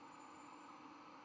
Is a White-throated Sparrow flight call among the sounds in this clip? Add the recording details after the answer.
no. No flight call is heard. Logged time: 22:46 on 31 October 2014